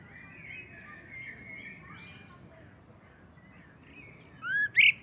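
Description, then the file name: Common blackbird giving two loud, sharp calls near the end, a quick rising note then a hard chink, after a stretch of faint background sound. "Turdus merula"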